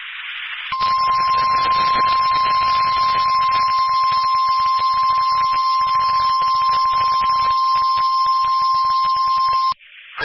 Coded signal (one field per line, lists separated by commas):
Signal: Emergency Alert System (SAME) tones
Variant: 1050 Hz attention tone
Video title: NWR RWTs because it’s Wednesday (EAS #1018-#1027)